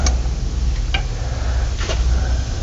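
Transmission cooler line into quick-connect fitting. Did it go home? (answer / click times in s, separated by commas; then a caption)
no / none. A metal transmission cooler line is pushed into its quick-connect fitting on the transmission over several attempts, giving short, hard knocks at about 0.1, 0.9 and 1.9 seconds over a steady low hum. The line has not seated or snapped in yet.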